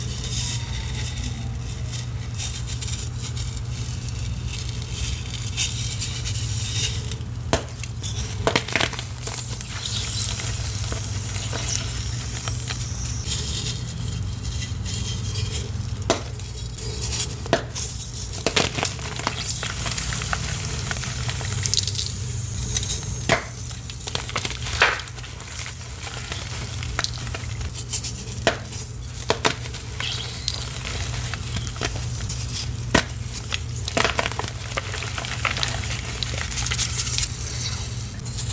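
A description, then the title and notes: Wet chalk paste is stirred and squished, with soft sizzling crackles and sharper crunchy snaps every few seconds. Soft BSN Gym Chalk Water Crushes. Some soft BSN water crushes, Ader crush + mixing paste. Mixing paste and mudpie results crushed at the end.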